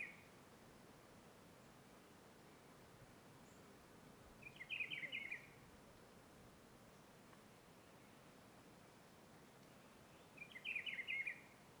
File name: Estrada de Planaltina com vento e passaro cantando dia